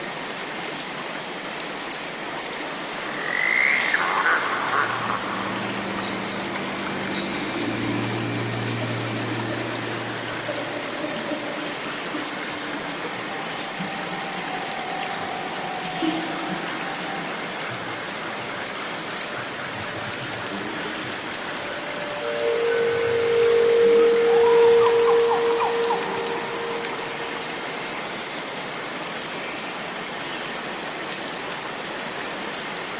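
Cicadas keep up a thin, steady high buzz throughout, under a constant hiss. Scattered animal calls, possibly frogs, break in: a bright chirp near four seconds, low droning notes around 5 to 10 seconds, and a louder wavering mid-pitched call around 23 to 26 seconds.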